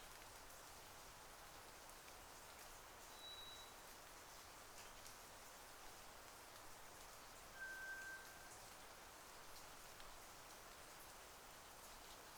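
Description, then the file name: White's thrush song: a faint high whistle, then several seconds later a lower level whistle, both thin and pure over steady hiss and patter. Recorded at night, 02:44, on 31 May 2009. "toratugumi-20090531-0244"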